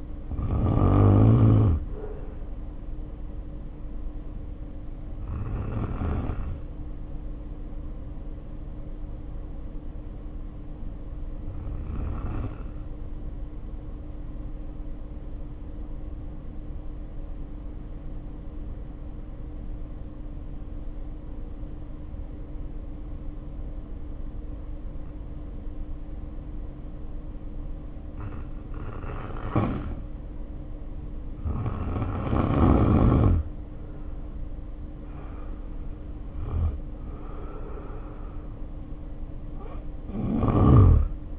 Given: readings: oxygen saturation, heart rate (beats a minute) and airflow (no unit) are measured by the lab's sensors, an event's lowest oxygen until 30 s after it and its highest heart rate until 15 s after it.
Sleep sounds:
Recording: breathing in sleep by a smartphone at the bedside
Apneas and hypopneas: 1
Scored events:
3.00-36.20 s: hypopnea (N1, oxygen 94% highest, then 79% lowest, heart rate 52 at the start, 66 highest)
28.00-41.39 s: new sleep stage, N2 (light sleep)
From the record:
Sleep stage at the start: N1 (lightest sleep)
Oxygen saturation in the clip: 74 to 94%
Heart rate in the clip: 47 to 66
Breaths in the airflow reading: 12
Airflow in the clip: -2.5 to 3.3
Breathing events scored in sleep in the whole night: 520 in 7.2 hours asleep

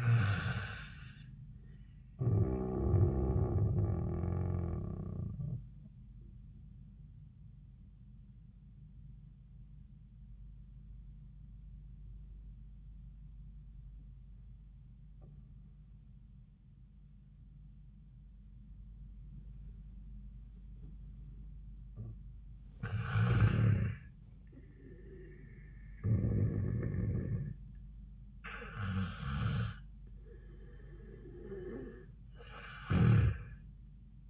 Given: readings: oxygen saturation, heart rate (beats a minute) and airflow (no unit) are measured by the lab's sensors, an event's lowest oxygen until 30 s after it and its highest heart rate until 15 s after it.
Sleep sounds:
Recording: breathing in sleep by a smartphone at the bedside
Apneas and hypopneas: 1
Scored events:
8.00-23.60 s: obstructive apnea (N1, oxygen 98% highest, then 92% lowest, heart rate 83 at the start, 88 highest)
From the record:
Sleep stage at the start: N1 (lightest sleep)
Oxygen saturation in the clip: 83 to 98%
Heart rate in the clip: 67 to 88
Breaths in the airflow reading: 3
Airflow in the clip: -6.2 to 5.4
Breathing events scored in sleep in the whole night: 400 in 8.7 hours asleep

